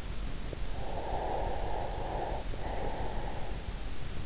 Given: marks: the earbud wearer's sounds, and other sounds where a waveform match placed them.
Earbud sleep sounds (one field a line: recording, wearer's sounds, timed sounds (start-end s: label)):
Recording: sounds in sleep by an in-ear microphone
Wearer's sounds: breath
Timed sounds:
0.73-4.15 s: breath